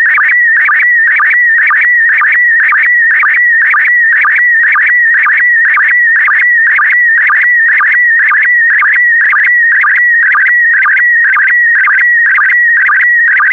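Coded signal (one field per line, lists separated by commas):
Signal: SSTV (slow-scan television)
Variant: PD120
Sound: warbling electronic tone repeating about twice a second, with short low sync chirps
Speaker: Starting transmission in 5, 4, 3, 2, 1. Transmission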